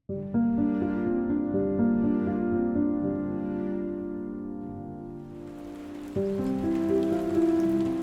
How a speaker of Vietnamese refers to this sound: Những ngày lập đông, cơn mưa trút xuống làm cho cảnh vật xung quanh thành một màu trắng xóa, phủ lên những tấm lưng gầy gò của những con người nông dân quanh năm cặm cụi với ruộng đất.